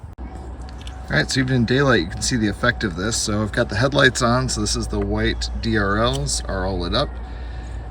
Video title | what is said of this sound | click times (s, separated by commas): Upgrade to GM Tow Mirrors - Adding LED Switchback Daytime Running Lights/Sequential Signals | and just push straight on and you'll hear it kind of snap on | 0.7 s, 0.8 s, 0.9 s